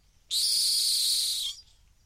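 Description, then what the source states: Rock hyrax giving a single drawn-out, rasping shriek lasting over a second, steady and high-pitched. Single rock hyrax calling from the edge of a gorge in the Masai Mara.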